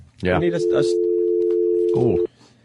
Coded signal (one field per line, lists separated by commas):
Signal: telephone call progress tone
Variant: North America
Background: speech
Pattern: dial tone